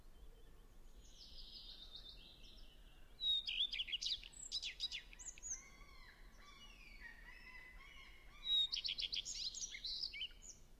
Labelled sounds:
Common Redstart song
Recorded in the wild
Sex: male
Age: adult
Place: Halbinsel Kindo, Karelien, RU
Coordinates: 66.5361, 33.0567
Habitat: taiga
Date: 1998-06-18 12:51
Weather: 15°C, sunny
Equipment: Sony WM-D6C, Sennheiser ME 80, K 30 AV
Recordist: Frommolt, Karl-Heinz

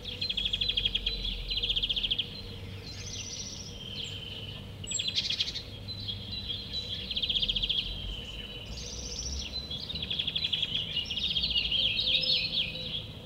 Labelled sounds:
European Greenfinch
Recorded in the wild
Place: Villach, AT
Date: 1969-05-22
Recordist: Brunner, Thomas
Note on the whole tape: Nähe Bundesbahn Direktion: Gesang eines Grünfinks

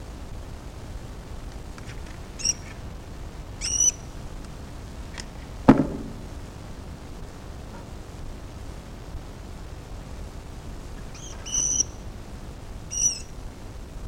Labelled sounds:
Brown Rat call
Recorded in captivity
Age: juvenile
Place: Zoologisches Institut der HUB, Berlin, DE
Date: 1965-08-25 10:10
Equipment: Grundig TK 1 Luxus, Kondensatormikrofon
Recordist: TSA

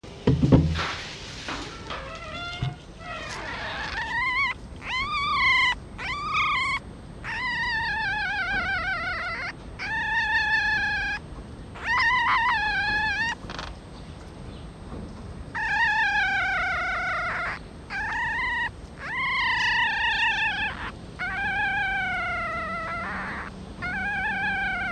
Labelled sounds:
Red Fox
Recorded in captivity
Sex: female
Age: juvenile
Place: Zoologisches Institut der HUB, Berlin, DE
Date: 1956-05-07 12:45
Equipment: Elmetra
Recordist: Tembrock, Günter

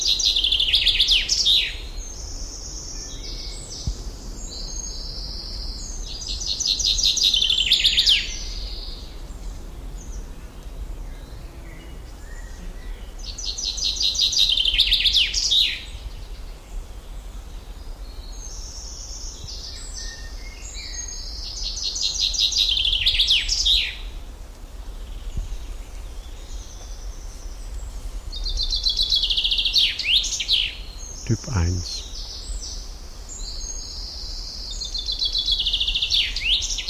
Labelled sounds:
Common Chaffinch song
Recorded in the wild
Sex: male
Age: adult
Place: Schildow, NSG, Kalktuffgelände am Tegeler Fließ (NSG Schildow), Berlin, DE
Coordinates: 52.64, 13.39
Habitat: forest
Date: 1992-06-21 10:20
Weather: sunny, 22 °C, strengthening winds
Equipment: Marantz CP 430, Sennheiser ME 80, Kopie Tesla B 116
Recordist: Tembrock, Günter

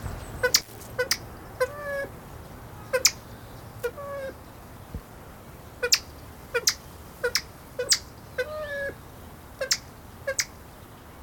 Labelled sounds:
Edwards's Pheasant call
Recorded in captivity
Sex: male
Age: adult
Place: Tierpark Berlin, Berlin, DE
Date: 1997-03-02 15:49
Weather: heiter, 15°C, böiger Wind
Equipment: Nagra SN, Kopie Uher 4000 Report Monitor
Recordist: Tembrock, Günter
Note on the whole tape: Männchen: zweisilbige und andere Laute am Gitter (auf Beobachter bezogen)

